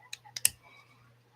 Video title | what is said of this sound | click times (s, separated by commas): Lets engrave some aluminum scales | Oh, I heard it click once. | 0.5 s